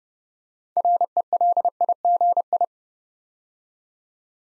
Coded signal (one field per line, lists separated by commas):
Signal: Morse code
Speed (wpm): 30 wpm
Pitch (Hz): 700 Hz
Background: none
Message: RELIGI